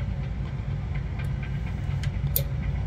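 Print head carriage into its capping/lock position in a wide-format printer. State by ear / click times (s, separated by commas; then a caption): seated / 2.4 s. A print head carriage on a Roland TrueVIS wide-format printer (VG, VG2, VG3, SG, SG2 or SG3 series, 300/540/640) is pushed back over its capping station, repeating the same step, to lock it into place. A steady low hum runs throughout, with a couple of faint ticks before a loud, sharp click at 2.4 s. The carriage is locked into the capping position.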